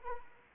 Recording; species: mosquito wingbeat signal from an infrared sensor; Anopheles arabiensis